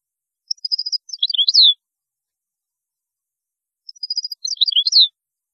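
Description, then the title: European goldfinch song, two matching short phrases of quick tinkling notes ending in a downward slur, separated by a pause of about two seconds. "Chant Chardonneret"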